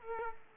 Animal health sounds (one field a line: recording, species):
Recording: mosquito wingbeat signal from an infrared sensor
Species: Aedes aegypti